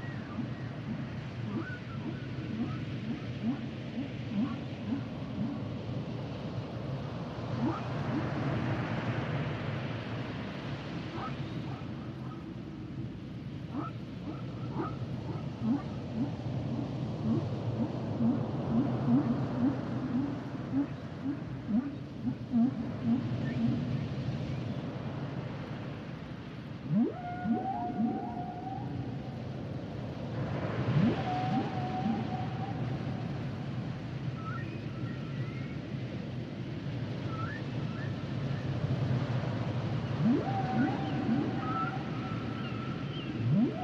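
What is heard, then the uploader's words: Humpback whale sounds over a steady low rumble: scattered moans, short rising calls and clicks, with whistle-like tones near 27 and 31 seconds. The songs and sounds of the humpback whale.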